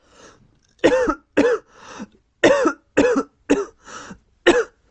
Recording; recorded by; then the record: voluntary cough; messaging app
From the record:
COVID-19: negative